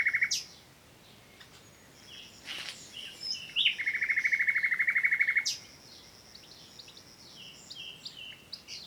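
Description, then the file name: Common nightingale song: a few sharp whistled notes, then a long, even, rapid rattling trill held for over a second, with thin high whistles lingering in the background. "Luscinia megarhynchos"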